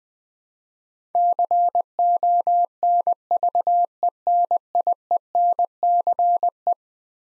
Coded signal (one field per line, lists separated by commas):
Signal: Morse code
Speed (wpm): 20 wpm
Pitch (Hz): 700 Hz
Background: none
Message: CONVENIENCE